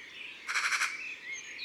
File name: Pie bavarde ABC des chants doiseaux